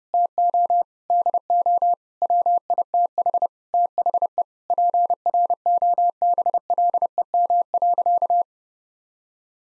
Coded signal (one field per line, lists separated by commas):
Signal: Morse code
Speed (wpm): 32 wpm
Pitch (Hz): 700 Hz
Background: none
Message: TO DO WITH THE PROBLEM.